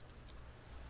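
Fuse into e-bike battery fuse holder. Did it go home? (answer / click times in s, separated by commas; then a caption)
yes / 0.3 s. A new fuse is pushed into its holder inside a Vélobecane e-bike battery after the old fuse is pulled out, replacing it before the cover screw goes back in. A single short, bright tick is heard at 0.3 s over a steady low hum. The fuse seats properly in the holder.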